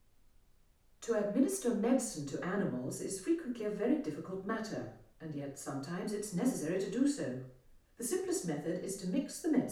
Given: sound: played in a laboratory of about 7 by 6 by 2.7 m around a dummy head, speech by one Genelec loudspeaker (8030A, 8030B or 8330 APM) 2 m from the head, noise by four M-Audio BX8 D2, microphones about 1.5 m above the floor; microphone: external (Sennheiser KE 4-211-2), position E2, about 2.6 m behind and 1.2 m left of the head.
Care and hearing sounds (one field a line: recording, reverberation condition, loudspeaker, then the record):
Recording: female speech in English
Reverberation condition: medium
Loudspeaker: in front (0 degrees)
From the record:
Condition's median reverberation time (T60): about 510 ms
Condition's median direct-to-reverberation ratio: about -0.5 dB